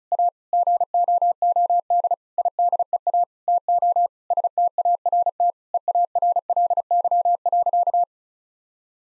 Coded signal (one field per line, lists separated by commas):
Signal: Morse code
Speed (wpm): 36 wpm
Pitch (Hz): 700 Hz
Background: none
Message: A GOOD IDEA TO START EARLY.